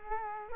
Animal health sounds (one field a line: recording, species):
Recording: mosquito wingbeat signal from an infrared sensor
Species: Culex quinquefasciatus